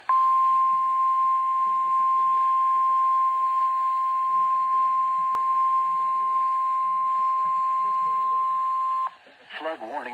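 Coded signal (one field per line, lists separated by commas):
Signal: Emergency Alert System (SAME) tones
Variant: 1050 Hz attention tone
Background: speech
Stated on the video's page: Flood Warning received on NOAA Weather Radio.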